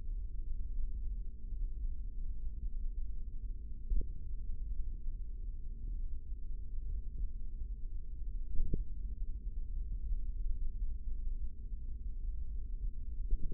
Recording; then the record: forearm muscle sounds (acoustic myography)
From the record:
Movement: tripod grip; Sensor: system 3, bracelet of six PUI Audio POM-2738L microphones around the upper forearm, with dedicated amplification and filtering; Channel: 2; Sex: male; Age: 55 years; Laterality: right